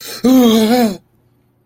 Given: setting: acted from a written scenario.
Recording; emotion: vocal sound without words; negative surprise